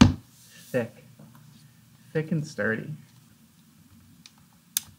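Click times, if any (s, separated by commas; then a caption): 4.8 s. A charger connector is pushed into the charging port of a new laptop while someone talks. It snaps into place with a sharp click at 4.8 seconds, and the connector is seated.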